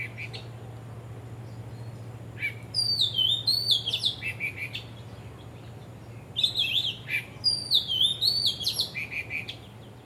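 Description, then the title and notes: Bird song in two loud bursts of sweet, swooping whistles and twittering notes, separated by a few seconds of quiet; faint low hum throughout. Birds singing vigorously at Wu Kai Sha, Hong Kong, on 15 December 2006; recorded with AKG condenser microphones in XY stereo. "香港 烏溪沙 雀鳥勁唱歌 Date: 15 December 2006"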